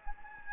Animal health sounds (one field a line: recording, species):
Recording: mosquito wingbeat signal from an infrared sensor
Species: Anopheles gambiae